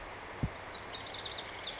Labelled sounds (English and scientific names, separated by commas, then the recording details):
Lazuli Bunting (Passerina amoena)
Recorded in Sonoma County, California